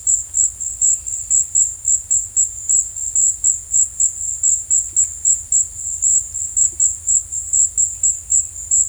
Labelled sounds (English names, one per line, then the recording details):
none
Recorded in secondary vegetation near Puerto Asís, Putumayo, Colombia, on 22 December 2024 at 15:00
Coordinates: 0.481, -76.318
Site G042